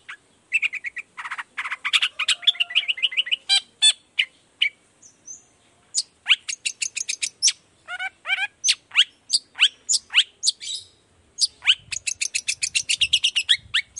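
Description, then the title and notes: Long-tailed shrike song, fast chattering phrases of dry chips and trills, broken by brief pauses, then a rapid ticking series near the end. Active morning singing with varied toet-toet notes, used as a lure recording to prompt other shrikes of any kind to reply quickly. "Cendet Gacor Dor Di Kala Pagi Toet Toet Variasi Suara. Cendet Gacor Efektif Pancingan Buat Cendet Jenis Apapun Agar Cepat Nyaut Buka Paruh. Burung cendet"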